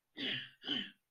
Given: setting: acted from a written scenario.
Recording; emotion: vocal sound without words; elation